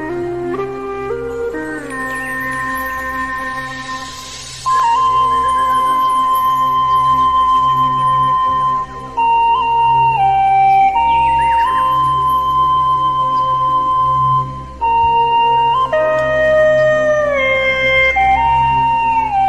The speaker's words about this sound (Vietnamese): Ở trên tít đỉnh núi cao, đâu đó có người dân tộc Mông. Ở trên cao đỉnh núi, người ta thổi sáo mèo vang vang trong đêm.